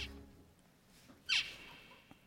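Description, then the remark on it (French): Zebra finch distance calls: a short, bright, nasal call with a quick downward sweep stands out against quiet background hiss, with a fainter, buzzier call at the very start. “Voilà, ça c'est des cris de distance de diamants mandarins.”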